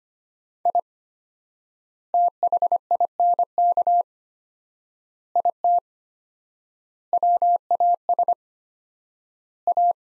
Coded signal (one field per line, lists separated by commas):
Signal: Morse code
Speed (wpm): 25 wpm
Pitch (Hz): 700 Hz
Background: none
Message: I THINK IT WAS A